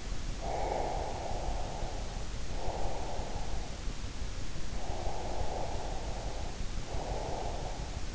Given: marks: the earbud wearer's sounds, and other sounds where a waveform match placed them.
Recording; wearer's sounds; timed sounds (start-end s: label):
sounds in sleep by an in-ear microphone; breath
0.49-3.67 s: breath
4.78-8.15 s: breath